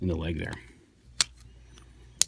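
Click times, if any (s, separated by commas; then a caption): 2.2 s. Someone talks as the plastic leg panel of a FansProject LER-02D Cubrar (Exclusive Diaclone Version) transforming robot toy is pressed closed so its inner tabs clip into indentations on the leg. A sharp click is heard at 1.2 s, then a loud, sharp snap at 2.2 s as the tabs seat fully into place.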